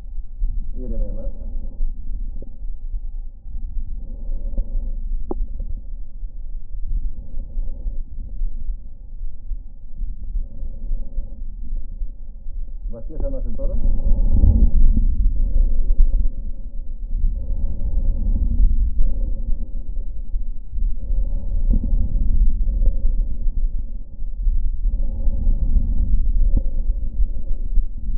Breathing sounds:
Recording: lung sounds by stethoscope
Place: right anterior apical chest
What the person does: quiet breathing, then deep breathing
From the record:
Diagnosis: pulmonary infection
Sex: male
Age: 74 years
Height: 171 cm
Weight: 80 kg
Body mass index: 27.4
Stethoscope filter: diaphragm mode

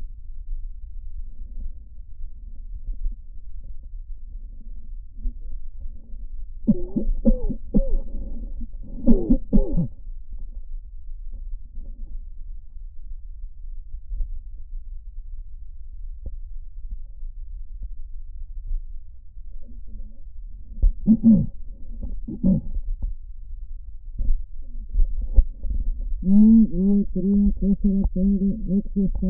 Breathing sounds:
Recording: lung sounds by stethoscope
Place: trachea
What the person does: quiet breathing, then cough and speech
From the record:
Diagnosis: pulmonary infection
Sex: female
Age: 74 years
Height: 160 cm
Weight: 66 kg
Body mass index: 25.8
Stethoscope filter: diaphragm mode

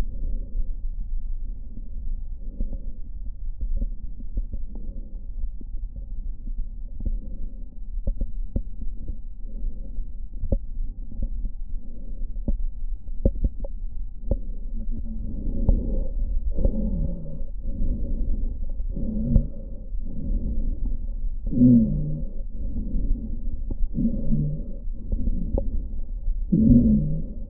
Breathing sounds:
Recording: lung sounds by stethoscope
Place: right posterior apical chest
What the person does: quiet breathing, then deep breathing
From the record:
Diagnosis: interstitial lung disease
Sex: female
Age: 72 years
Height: 153 cm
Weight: 71 kg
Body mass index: 30.3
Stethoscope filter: diaphragm mode

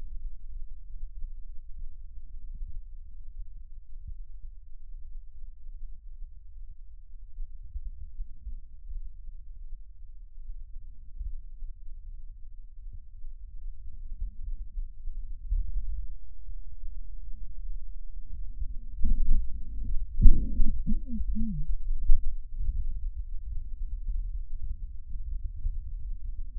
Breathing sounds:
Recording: lung sounds by stethoscope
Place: left posterior apical chest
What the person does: quiet breathing, then deep breathing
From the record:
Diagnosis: asthma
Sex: female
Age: 56 years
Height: 161 cm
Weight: 85 kg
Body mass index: 32.8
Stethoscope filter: bell mode

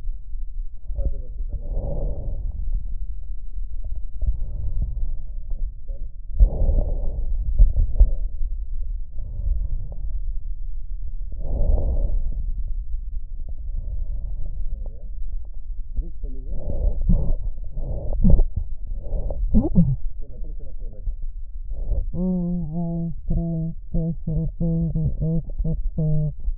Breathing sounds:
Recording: lung sounds by stethoscope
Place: right posterior basal chest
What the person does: quiet breathing, then cough and speech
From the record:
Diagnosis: interstitial lung disease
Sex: female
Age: 72 years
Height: 158 cm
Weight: 69 kg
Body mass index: 27.6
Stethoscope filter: extended mode

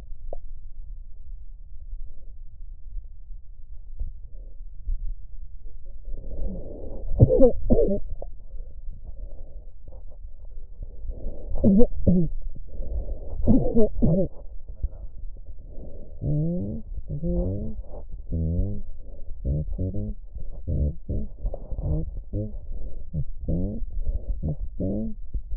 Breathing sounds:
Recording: lung sounds by stethoscope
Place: left posterior basal chest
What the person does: quiet breathing, then cough and speech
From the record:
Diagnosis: COPD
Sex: female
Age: 68 years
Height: 150 cm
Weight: 70 kg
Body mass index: 31.1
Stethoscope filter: extended mode

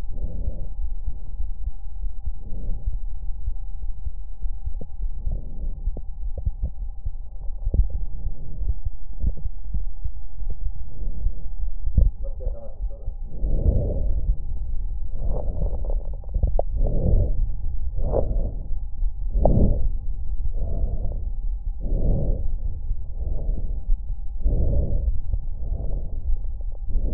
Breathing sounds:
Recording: lung sounds by stethoscope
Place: left anterior apical chest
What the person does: quiet breathing, then deep breathing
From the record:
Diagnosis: interstitial lung disease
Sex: female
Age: 70 years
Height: 160 cm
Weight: 93 kg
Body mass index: 36.3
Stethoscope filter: extended mode

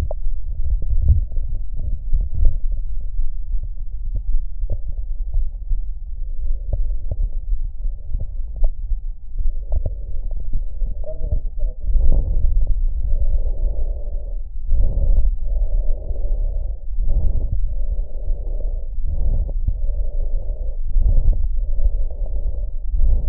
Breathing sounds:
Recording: lung sounds by stethoscope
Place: right anterior apical chest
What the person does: quiet breathing, then deep breathing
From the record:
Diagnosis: interstitial lung disease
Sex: male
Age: 82 years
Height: 158 cm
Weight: 49 kg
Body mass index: 19.6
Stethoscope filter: extended mode

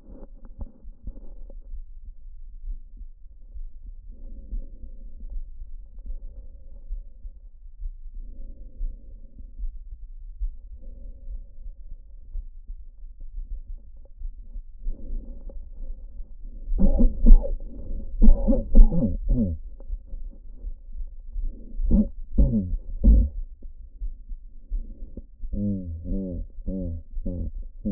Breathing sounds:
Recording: lung sounds by stethoscope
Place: trachea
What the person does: quiet breathing, then cough and speech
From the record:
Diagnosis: none (healthy)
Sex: male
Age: 34 years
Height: 174 cm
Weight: 93 kg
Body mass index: 30.7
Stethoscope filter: diaphragm mode

